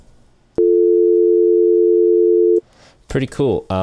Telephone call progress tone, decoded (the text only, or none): dial tone